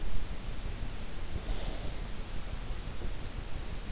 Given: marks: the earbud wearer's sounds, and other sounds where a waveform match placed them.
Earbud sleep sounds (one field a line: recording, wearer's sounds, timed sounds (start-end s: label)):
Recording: sounds in sleep by an in-ear microphone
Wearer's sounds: snoring breath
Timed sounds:
0.81-3.11 s: snoring breath